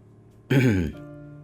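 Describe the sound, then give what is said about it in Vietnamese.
A single short, gruff throat clearing lasting under half a second, loud and voiced with a rough low rasp, then fading into a faint low hum. “Trước ánh mắt ngày càng ngượng ngùng hơn của nàng, Lâm Động cuối cùng hắng giọng rồi buông tay ra.”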